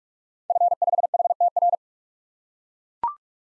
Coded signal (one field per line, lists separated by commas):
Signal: Morse code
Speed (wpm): 42 wpm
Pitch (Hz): 700 Hz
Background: none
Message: F5HTR